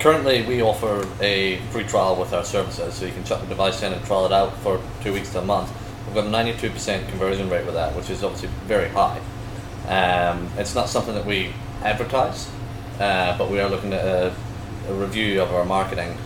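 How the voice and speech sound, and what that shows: A man speaks fluently at a relaxed pace in a small room, with a low, steady voice and brief pauses.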